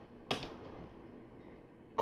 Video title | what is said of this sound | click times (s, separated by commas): LEGO Build - Star Wars Ewok Village Set #10236 - Part 5 | area there we go that's clicked | 0.3 s